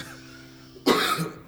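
A single sharp, dry cough after a moment of quiet, from an adult man with pollen allergies, not COVID.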